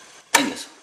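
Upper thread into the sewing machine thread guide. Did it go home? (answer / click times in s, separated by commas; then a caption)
yes / 0.4 s. On an Elna 20 sewing machine, upper thread held in both hands is pulled sharply upward from below so it snaps into the silver metal thread guide marked number 1. A single sharp click at 0.4 s rises from near silence and fades over about a quarter second. The thread seats in the guide.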